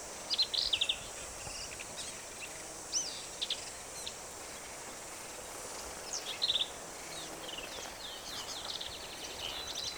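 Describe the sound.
Black-capped vireo song: brief, buzzy, varied phrases in separate bursts every few seconds, over a steady background hiss.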